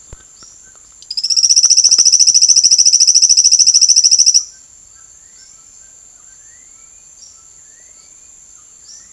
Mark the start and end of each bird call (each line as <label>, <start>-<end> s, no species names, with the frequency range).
bird call (0.9-6.8 kHz), 0.00-9.13 s